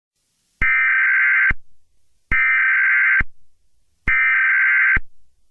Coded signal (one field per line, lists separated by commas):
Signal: Emergency Alert System (SAME) tones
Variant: header bursts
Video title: EAS SCENARIO 8| Nuclear Attack On The U.S